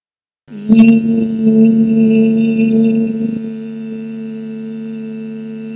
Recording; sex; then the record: sustained vowel /i/; female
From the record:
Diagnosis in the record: healthy control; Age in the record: 62 years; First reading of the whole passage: 101 s, 4.7 characters per second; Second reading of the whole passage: 77 s, 5.9 characters per second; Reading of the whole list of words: 66 s, 3.9 characters per second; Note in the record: marked for poor recording quality or reading difficulty